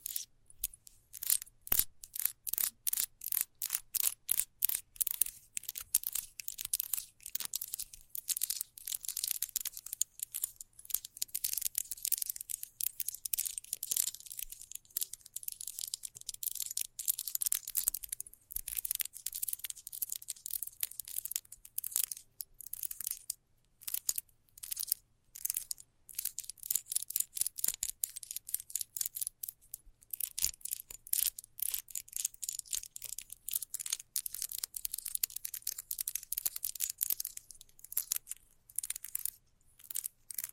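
Fast scratching runs through the whole forty seconds as a dense series of quick, bright strokes, sharp and hissy with little low end. The rhythm is rapid and slightly uneven, with brief gaps near 24 and 30 seconds, over a faint steady low hum.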